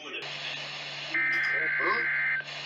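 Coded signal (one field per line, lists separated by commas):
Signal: Emergency Alert System (SAME) tones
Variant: header bursts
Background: speech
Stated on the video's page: NOAA weather radio weekly tests.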